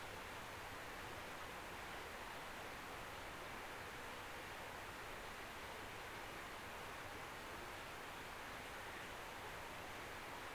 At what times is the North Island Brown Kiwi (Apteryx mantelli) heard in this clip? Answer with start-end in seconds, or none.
none